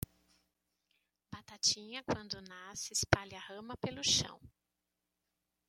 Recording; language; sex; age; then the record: short text; Brazilian Portuguese; female; 40 to 49 years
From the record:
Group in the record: control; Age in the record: 47 years